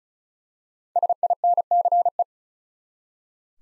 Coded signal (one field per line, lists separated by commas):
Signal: Morse code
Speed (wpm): 36 wpm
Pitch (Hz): 700 Hz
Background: none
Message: SINCE